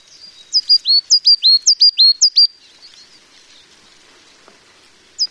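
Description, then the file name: Coal tit song of quick, high see-saw phrases repeated several times, then a pause before another phrase begins at the end. "higara"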